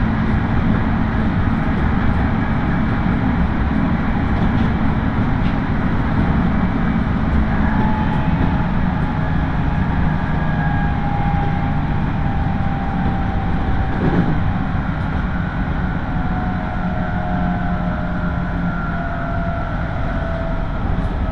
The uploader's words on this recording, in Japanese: 東海道本線各駅停車 豊橋→西岡崎。最近は運用も減っている311系特有の加速感が分かると思います。